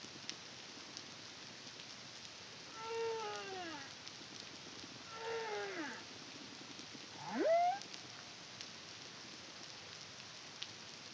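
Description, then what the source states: Humpback whale song with two harmonic downsweeping moans followed by a quick rising whoop, separated by quiet stretches of background hiss. Caribbean, CARIMAM project, 2023.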